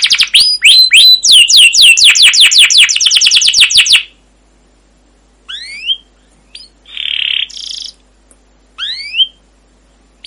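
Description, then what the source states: Canary song: four seconds of rapid rolling sweeping notes, then quiet gaps broken by short upslurred chirps and a short buzzy burst. Canary in long, full rolling song with cuit cuit chirps and ngerol rolls; a masteran used as a lure to stimulate other canaries to sing.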